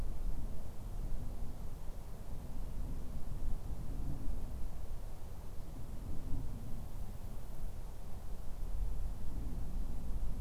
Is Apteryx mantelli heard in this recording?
no